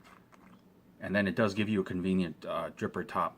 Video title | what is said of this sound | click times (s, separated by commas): Sovereign Juice Co. - Jester | Now, I'm going to go ahead and pop this. You should hear the ring snap right there. | 0.3 s, 0.5 s